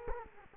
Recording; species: mosquito wingbeat signal from an infrared sensor; Culex quinquefasciatus